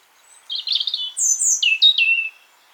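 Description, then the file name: European robin singing a short phrase of thin, high whistled notes, first a quick warbled cluster then sliding descending whistles, in a quiet setting. "Erithacus rubecula"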